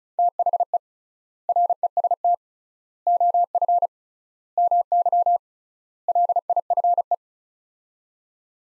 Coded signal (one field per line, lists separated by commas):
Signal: Morse code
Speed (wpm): 34 wpm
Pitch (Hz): 700 Hz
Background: none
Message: THE REST OF MY LIFE